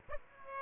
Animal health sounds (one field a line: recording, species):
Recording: mosquito wingbeat signal from an infrared sensor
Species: Aedes aegypti